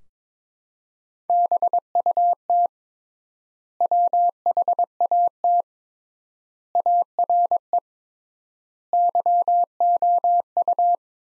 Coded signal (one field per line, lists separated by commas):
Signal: Morse code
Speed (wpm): 22 wpm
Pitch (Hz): 700 Hz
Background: none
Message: BUT WHAT ARE YOU